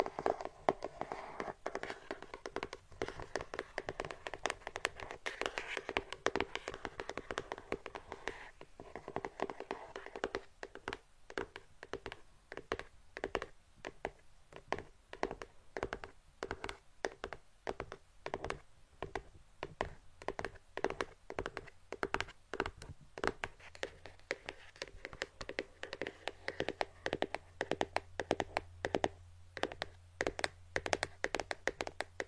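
Brain tapping: quick, sharp taps and light finger strikes go on for the whole clip, dense and irregular, sometimes in rapid bursts. Soft rustling fills the gaps, and a low steady hum joins from about 24 seconds to the end.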